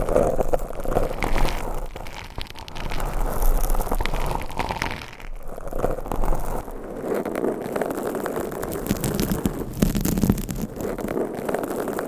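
Scratching and rubbing against a microphone runs through the whole twelve seconds, a dense, rough, crackly texture with frequent small clicks and ticks. Most of the sound sits in the low and middle range, with brief brighter scrapes. The level stays fairly even throughout.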